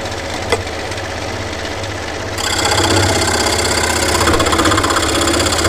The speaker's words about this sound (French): Et je vais découper des morceaux de tasseaux de bois pour les assembler, pour faire ce châssis sur mesure. Donc je mets en route ma scie à chantourner.